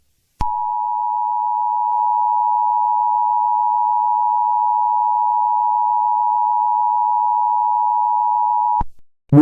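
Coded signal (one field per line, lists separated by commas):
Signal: Emergency Alert System (SAME) tones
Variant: 853 and 960 Hz attention tone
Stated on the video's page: Fictional EAS scenario.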